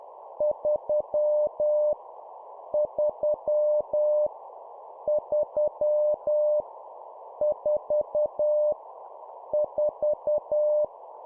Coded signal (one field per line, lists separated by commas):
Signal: Morse code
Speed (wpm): 10 wpm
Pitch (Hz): 600 Hz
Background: none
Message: 3 3 3 4 4